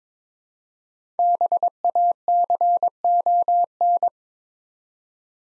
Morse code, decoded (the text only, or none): BACON